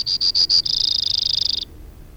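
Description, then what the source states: Brewer's sparrow singing: four spaced high notes, then a rapid, slightly lower trill with a dry, buzzy quality, ending abruptly. Recorded 2 June 2001.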